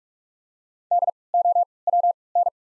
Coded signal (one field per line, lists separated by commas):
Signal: Morse code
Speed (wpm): 46 wpm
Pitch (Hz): 700 Hz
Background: none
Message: DOWN